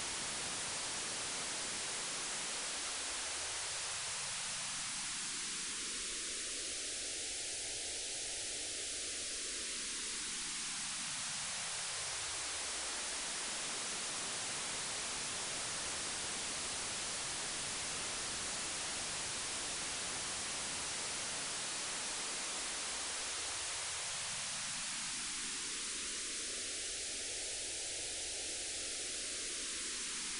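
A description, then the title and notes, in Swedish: White noise plays as a steady, dense hiss at constant loudness throughout. Twice, from about 2 to 14 seconds and again from 22 seconds on, a hollow whooshing sweep glides up and back down through the hiss, like a slow phasing effect. Vitt ljud för en bättre sömn - 2 timmar.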